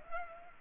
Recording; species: mosquito wingbeat signal from an infrared sensor; Culex pipiens